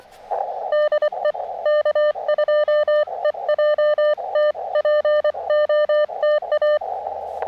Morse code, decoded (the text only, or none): DE K2EJT POTA